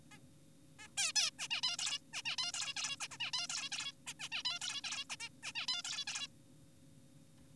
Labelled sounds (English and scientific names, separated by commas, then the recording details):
Zebra Finch (Taeniopygia guttata)
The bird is an adult
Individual g4p5U